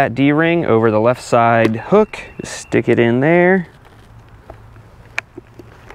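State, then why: Seated. Someone talks while hooking a helmet D-ring over the left-side hook under the seat of a Rebel 1100 motorcycle, then pushes the seat down onto its seat lock. After a few faint clicks and rustles, a sharp click at 5.2 s marks the seat latch snapping on, and the seat is seated.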